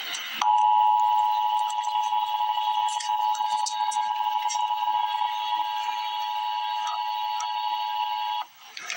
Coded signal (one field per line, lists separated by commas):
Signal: Emergency Alert System (SAME) tones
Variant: 853 and 960 Hz attention tone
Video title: Emergency Alert System - Special Weather Statement - Jan 23, 2026 at 9:09 AM EST